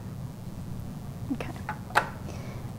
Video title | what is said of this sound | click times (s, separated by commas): Hanna Photometer | it back in till it clicks and then hit hold down the button on | 2.0 s